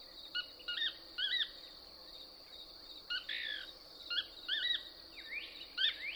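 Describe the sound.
Couch's Kingbird song: scattered short squeaky chips and a longer slurred note, with a buzzy downsweep and a rising whistle, over a high steady hum and background noise.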